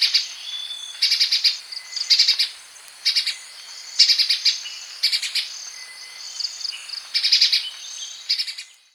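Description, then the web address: Grey-breasted spiderhunter giving quick runs of dry, high chipping notes in clustered bursts under a constant high background hiss. "grey brested spiderhunter call"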